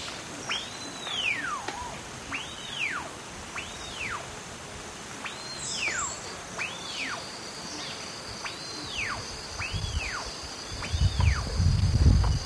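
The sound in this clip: Bird repeating a clear arching whistle that rises briefly then sweeps steeply down, about eight times at roughly one-and-a-half-second intervals, over high insect hum and a low rumble.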